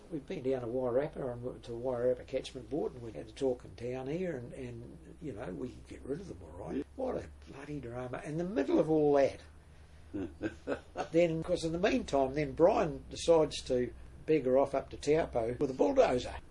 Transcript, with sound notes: We’d been down to the Wairarapa, to the Wairarapa Catchment Board, and had a talk in town here, and you know, we could get rid of them all right. What a bloody drama. And in the middle of all that… [chuckle] then in the meantime then Brian decides to beggar off up to Taupo with a bulldozer.